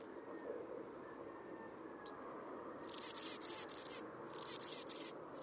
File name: Anna's Hummingbird